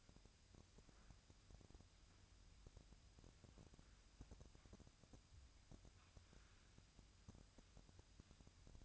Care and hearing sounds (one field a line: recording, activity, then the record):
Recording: daily activity, microphone in the room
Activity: wipe stove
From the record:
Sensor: 2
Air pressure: 1003.2 hPa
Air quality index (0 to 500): 201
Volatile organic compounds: 6 ppm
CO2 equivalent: 1911 ppm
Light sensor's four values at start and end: 7/16/7/7 and 7/17/7/7